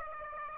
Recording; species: mosquito wingbeat signal from an infrared sensor; Aedes aegypti